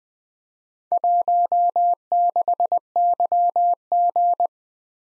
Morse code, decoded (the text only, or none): 16YG